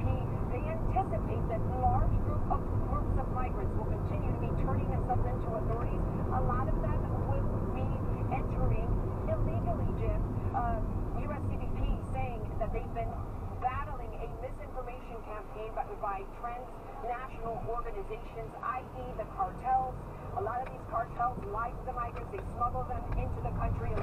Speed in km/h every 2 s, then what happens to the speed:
40, 45, 45, 45, 48, 40, 24, 10, 0, 0, 6, 11.
0-9 steady at about 45. 9-16 brakes to 0. 16-19 standing. 19-24 pulls away to 11.